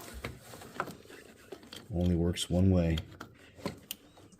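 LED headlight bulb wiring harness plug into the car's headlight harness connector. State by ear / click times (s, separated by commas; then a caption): seated / 3.9 s. The plastic wiring harness plug of an LED headlight bulb is pushed into the headlight harness connector on a Nissan Sentra. It fits only one way, and someone talks while small handling clicks and rustles sound. At 3.9 s a sharp snap marks the connector clicking together and seating.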